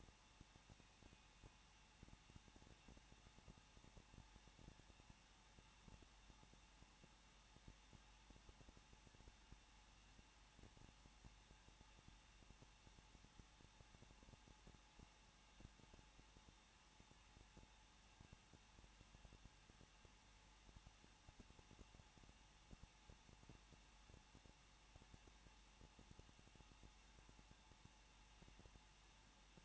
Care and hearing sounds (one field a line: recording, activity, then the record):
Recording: daily activity, microphone in the room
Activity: no activity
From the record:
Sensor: 1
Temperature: 20.1 degrees Celsius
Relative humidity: 39.1%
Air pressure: 1006.5 hPa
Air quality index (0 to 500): 216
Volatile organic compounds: 72 ppm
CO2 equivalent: 3534 ppm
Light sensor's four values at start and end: 1/2/1/1 and 1/2/1/1